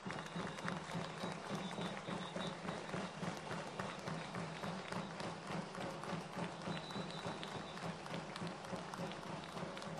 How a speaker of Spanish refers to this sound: Compañeros, fuerte el aplauso.